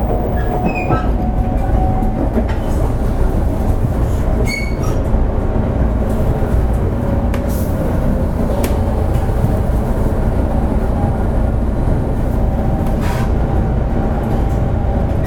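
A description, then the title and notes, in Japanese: A Shinkansen 500 series train runs steadily, its deep rumble and roar holding constant for the whole span. Thin tonal whines sit above the rumble, and brief higher squeals and clicks break through near the start, around four to five seconds, and again near thirteen seconds. 新幹線500系 山陽新幹線 こだま号 厚狭到着前から新山口まで。新幹線500系電車の走行音です。JR西日本 山陽新幹線で録音しました。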